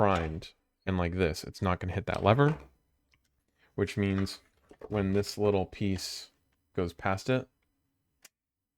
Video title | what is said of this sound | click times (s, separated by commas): Nerf N Series INFINITE - FULL BREAKDOWN | it locks into place and you can no longer prime it that's kind of cool | 8.2 s